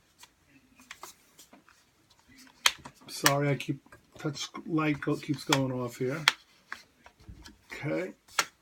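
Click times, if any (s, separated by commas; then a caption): none. The plastic display bezel of a Lenovo IdeaPad 300-15ISK is handled around the laptop screen lid while someone talks, with a few short taps and handling noises. Nothing has seated or clicked in yet.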